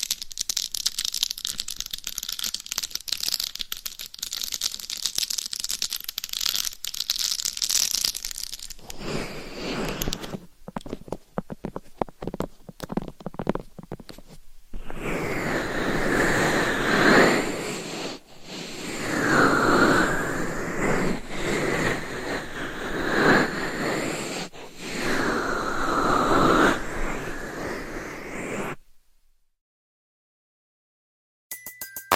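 Scratching, tapping and rubbing on a dummy head microphone. The first half brings bright, dense scratching, then a patch of quick sharp taps around ten to fifteen seconds, followed by slower, swelling rubbing strokes in regular waves. It cuts to silence near twenty-nine seconds.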